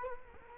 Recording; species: mosquito wingbeat signal from an infrared sensor; Culex quinquefasciatus